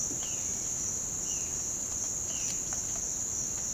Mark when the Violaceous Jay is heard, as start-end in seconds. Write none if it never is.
0.00-2.54